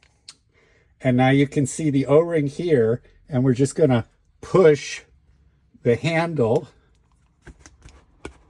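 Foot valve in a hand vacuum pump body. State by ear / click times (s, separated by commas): seated / 8.2 s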